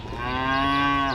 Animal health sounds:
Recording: contact call of a hoofed animal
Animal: cattle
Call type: low-frequency (closed-mouth) or high-frequency (open-mouth) call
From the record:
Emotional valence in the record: negative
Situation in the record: full separation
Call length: 1.14 s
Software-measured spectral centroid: 1820 Hz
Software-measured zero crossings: 2300 a second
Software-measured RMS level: -24 dBFS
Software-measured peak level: -11 dBFS

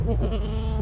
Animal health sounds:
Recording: contact call of a hoofed animal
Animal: goat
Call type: low-frequency (closed-mouth) or high-frequency (open-mouth) call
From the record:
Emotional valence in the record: negative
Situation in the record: short social isolation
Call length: 0.82 s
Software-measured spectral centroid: 1350 Hz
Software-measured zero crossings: 490 a second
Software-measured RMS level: -24 dBFS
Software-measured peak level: -13 dBFS

